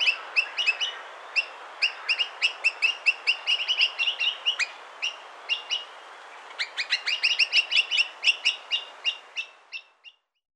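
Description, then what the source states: Graceful honeyeater calling in rapid series of sharp, high chips and ticks, bunched in two bursts with a short pause between. Recorded in Papua New Guinea.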